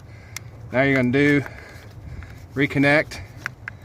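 Someone talks while handling a fuel line quick-connect coupling at the fuel filter housing port on a Silverado Duramax diesel engine, about to push it back together after draining. A few brief, sharp ticks sound around 0.4, 2.2, 3.5 and 3.7 seconds. The connector has not seated or clicked in yet.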